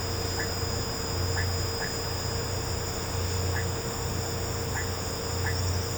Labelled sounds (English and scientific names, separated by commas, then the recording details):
none
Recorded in pastures near Puerto Asís, Putumayo, Colombia, on 13 March 2025 at 16:30
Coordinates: 0.466, -76.322
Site CSA-02